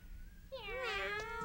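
A cat lets out one long, drawn-out meow with a bright, whiny tone that bends slightly in pitch, starting after a short hush over a faint low hum.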